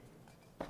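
The locking lever on the slide-in stand mount of a GVM 90W app-controlled LED video light is pulled back on its light stand adapter to release the light so it can be unscrewed. After a quiet stretch with a soft bump near 0.3 s, a sharp click lands at 0.6 s as the lever releases the mount.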